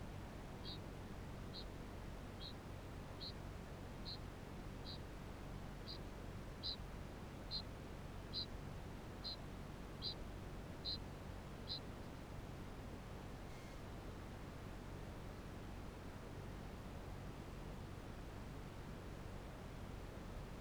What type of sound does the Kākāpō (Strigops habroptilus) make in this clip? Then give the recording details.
ching call. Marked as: faintness 3/5. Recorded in New Zealand. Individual Barnard